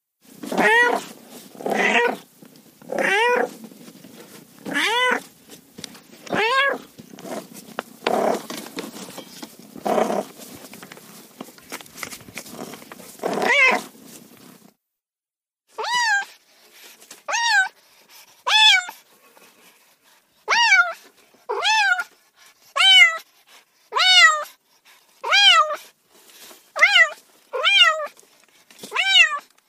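Cats meow repeatedly, each call a short rising-and-falling cry. For the first fifteen seconds the meows come in quick, uneven bursts over a steady hiss; after that the hiss stops and clear, bright meows follow at a fairly regular pace about every second.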